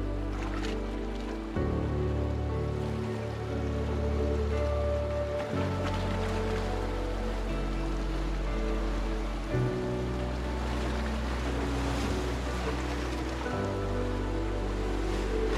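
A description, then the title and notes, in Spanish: Sea waves wash continuously beneath a steady layer of music with a deep sustained bass and held tones. The bass note shifts roughly every four seconds, at about 1.5, 5.5, 9.5 and 13.5 seconds, while the surf adds a soft hiss throughout at an even level. Sonido binaural de OLAS DEL MAR con MÚSICA. Sonido binaural de olas del mar acompañado de música.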